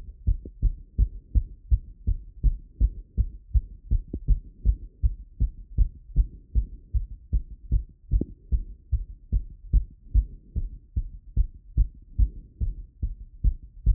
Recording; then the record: heart sounds by stethoscope after running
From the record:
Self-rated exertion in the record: vigorous exertion (4 of 6); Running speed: 10 mph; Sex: male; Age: 24 years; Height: 175 cm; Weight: 56 kg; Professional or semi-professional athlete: no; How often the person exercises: over 5 times a week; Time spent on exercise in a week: over 5 hours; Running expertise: yes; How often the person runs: over 5 times a week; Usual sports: running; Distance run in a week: 60 km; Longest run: 43 km